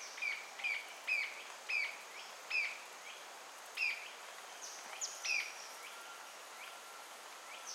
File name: Green tailed jacamar